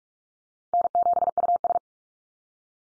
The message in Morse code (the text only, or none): N7US